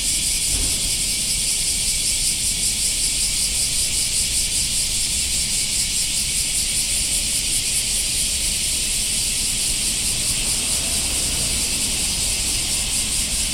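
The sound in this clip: Cicadas producing a loud, sustained electric buzz with fast regular pulsation, unchanging from start to end, light low background noise beneath.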